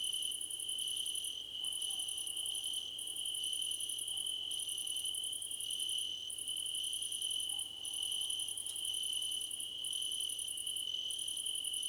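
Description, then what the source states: Shrill cricket chirping: a constant high tone with fast, very high pulsed trains that pause briefly at intervals. Crickets in a choir competition.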